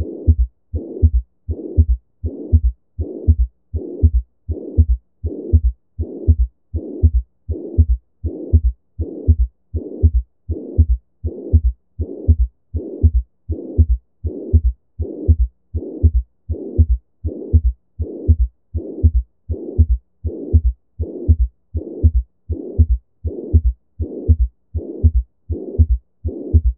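A pansystolic murmur over an adult heart, heard through a stethoscope, with a regular rhythm at about 80 beats per minute.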